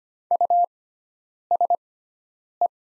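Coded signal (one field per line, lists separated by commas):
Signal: Morse code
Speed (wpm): 25 wpm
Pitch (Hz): 700 Hz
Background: none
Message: USE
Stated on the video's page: Morse practice of the top 100 words at 25 wpm with sixfold character spacing, Farnsworth-style timing.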